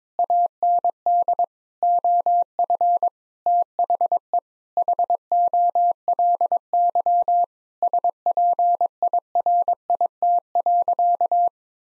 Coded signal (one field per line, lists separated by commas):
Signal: Morse code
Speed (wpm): 22 wpm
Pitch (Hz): 700 Hz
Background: none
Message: AND OF THE HOLY SPIRIT.